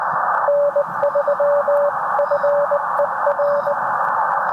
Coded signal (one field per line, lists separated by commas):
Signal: Morse code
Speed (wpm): 20 wpm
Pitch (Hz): 590 Hz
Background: radio noise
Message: N3FER